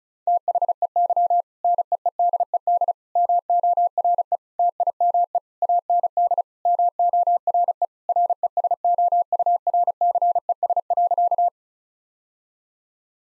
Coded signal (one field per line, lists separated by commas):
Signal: Morse code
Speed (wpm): 36 wpm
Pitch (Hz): 700 Hz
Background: none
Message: THEY NEEDED MORE TIME AND MORE RESOURCES.